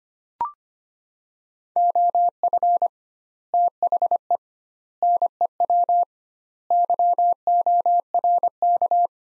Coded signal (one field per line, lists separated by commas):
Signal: Morse code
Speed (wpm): 25 wpm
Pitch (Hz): 700 Hz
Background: none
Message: OF THE NEW YORK